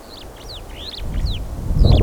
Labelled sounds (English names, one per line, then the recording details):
Superb Starling flight call
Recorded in Kenya